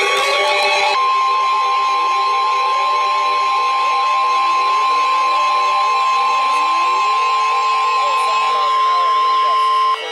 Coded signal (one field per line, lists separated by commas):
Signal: Emergency Alert System (SAME) tones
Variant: 1050 Hz attention tone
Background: speech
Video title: 3 Days of Severe Weather - An EAS Event (EAS #164-208)